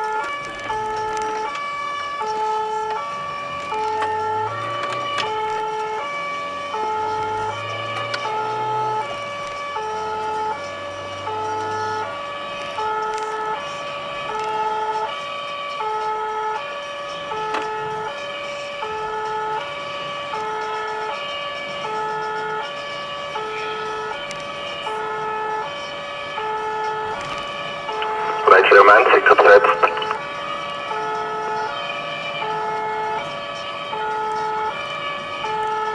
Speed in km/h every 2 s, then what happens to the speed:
32, 22, 29, 42, 54, 66, 71, 70, 67, 67, 68, 69, 72, 74, 74, 75, 70, 68.
0-3 slows to 22. 3-11 speeds up to 71. 11-19 steady at about 67. 19-30 speeds up to 75. 30-36 slows to 68.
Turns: 0-5.